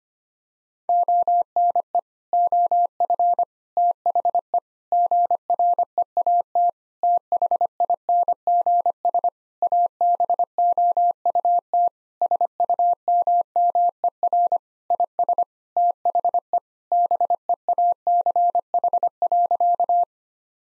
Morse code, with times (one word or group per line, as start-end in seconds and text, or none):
0.9-2.0 ONE
2.3-3.4 OF
3.8-4.6 THE
4.9-6.7 GREAT
7.0-9.3 THINGS
9.6-11.9 ABOUT
12.2-14.6 SUMMER
14.9-15.4 IS
15.8-16.6 THE
16.9-20.0 BEACH.